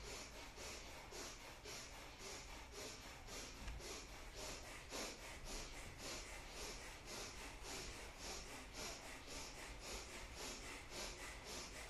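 Rapid, shallow bhastrika breathing through the nose: a steady stream of short, hissing puffs, roughly two or three per second, repeating evenly throughout with no talking.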